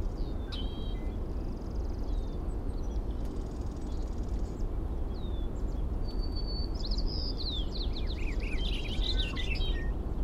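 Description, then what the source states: Birds sing over steady low background noise, mixing thin high whistles with a busy warbling phrase late. Birds recorded at 05:55; date given as 070506.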